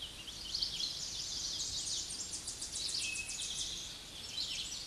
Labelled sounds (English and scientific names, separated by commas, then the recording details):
Tennessee Warbler (Leiothlypis peregrina) song
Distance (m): 30 m
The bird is about 5 m above the microphone
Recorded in a Pennsylvania forest on 16 May 2024 at 07:17
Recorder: AudioMoth, point MSD-2306
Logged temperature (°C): 15.6 °C
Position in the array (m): 23 m, 45 m